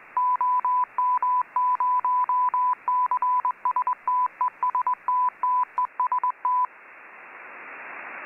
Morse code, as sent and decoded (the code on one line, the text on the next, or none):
--- -- ----- -.-. ... - . ... - - . ... -
OM0CSTESTTEST